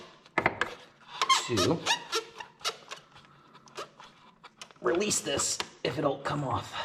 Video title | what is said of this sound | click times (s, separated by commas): Blow Off Valves...in a G Wagon? | And what we do is, once that's done, you squeeze it and it locks in place. | 0.4 s